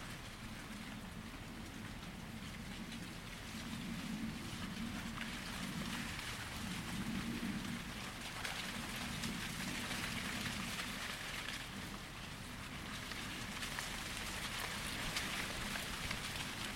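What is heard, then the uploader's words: Summer wind rustles through a cornfield in a dense, steady hiss of leaves, crackling like light rain. Gusts swell the brighter rustle around four to eight seconds and again after twelve seconds, while a low, even rumble hums underneath throughout. The gentle rustle of summer wind through a cornfield. High above the summertime bustle of Pembrokeshire’s south coast, the lanes are quiet. No people here, just wind and hedge and crops for miles. It’s now noon. A corn field beside a reef of yellow and white chamomile catches your eye. Recorded by Daniel Graham.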